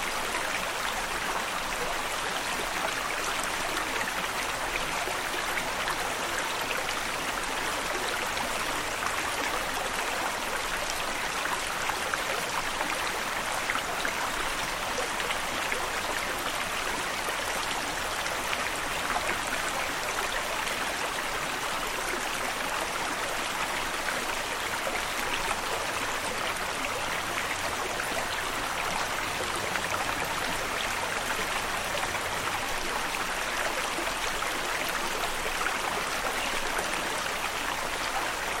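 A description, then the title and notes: Water flows over rocks in a steady, dense rush, bright and hissing with a fine splashing texture, holding level throughout without pause. Water Flowing Over Rocks.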